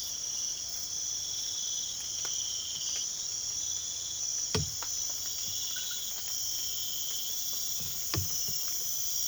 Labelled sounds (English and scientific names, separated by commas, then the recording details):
none
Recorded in pastures near Puerto Asís, Putumayo, Colombia, on 24 March 2025 at 02:30
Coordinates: 0.487, -76.322
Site G077